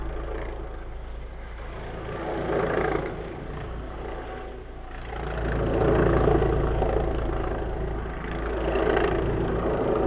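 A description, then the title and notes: A police helicopter circles overhead, its steady low rumble and rotor throb swelling and easing in slow waves over ten seconds. Police Helicopter Circling Overhead. Field recording of a police helicopter circling over our neighbourhood. Gear: Sony PCM-M10 built-in mics.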